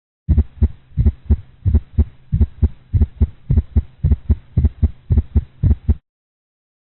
Clinical example of an atrial gallop sound in a dog.